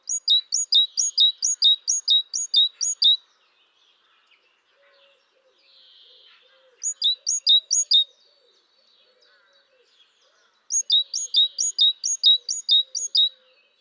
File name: Parus major